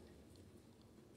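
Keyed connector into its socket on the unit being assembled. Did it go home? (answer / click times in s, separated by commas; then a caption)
no / none. A small keyed connector is handled and lined up with its socket on a Vanquish 340 unit being assembled. Soft handling noises sit over a low, steady rumble, with one brief tick at 0.4 s. Nothing has seated or clicked yet.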